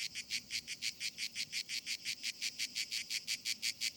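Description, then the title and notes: Grey cicada song: loud rasping pulses in a steady, even rhythm. Most abundant and best-known cicada; its particular rhythm makes it easy to recognise; called Cacan in Provence. "Nouvelle cigale dans &quot;ECOUTEZ NATURE&quot"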